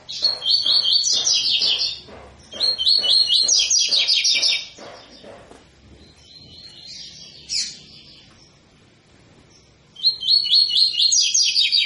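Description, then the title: Double-collared seedeater song, bright buzzy trilled phrases repeated in quick bursts with short pauses. Tui-tui song style from a 'fibra' coleiro; a teacher song for training young birds. "COLEIRO TUI TUI FIBRA CANTO PROFESSOR"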